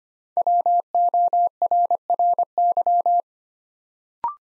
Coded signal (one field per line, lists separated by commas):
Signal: Morse code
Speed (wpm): 25 wpm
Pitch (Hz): 700 Hz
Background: none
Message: WORRY